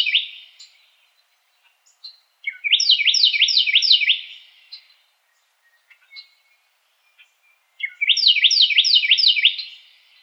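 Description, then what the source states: Carolina wren song: two bursts of rapid, rolling repeated phrases, each a loud ringing series of several notes lasting around two seconds, with faint chips between. Recorded 2007-01-04.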